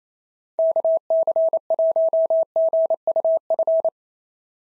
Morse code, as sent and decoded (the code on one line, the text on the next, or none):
-.- -.-. .---- --. ..- ..-.
KC1GUF